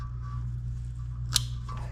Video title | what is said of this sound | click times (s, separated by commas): Installing Front Brake Pads and Rotors on 2009 VW Jetta | hear it click | 1.4 s